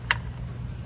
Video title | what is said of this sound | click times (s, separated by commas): Toyota 4Runner Updates and Major Service/Maintenance in preparation for a Road Trip | The Click let's see 27 almost one again | 0.1 s